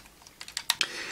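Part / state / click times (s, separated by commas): plastic front leg joints of a transforming dragon toy / seated / 0.7 s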